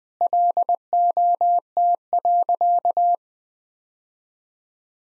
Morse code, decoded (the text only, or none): LOT.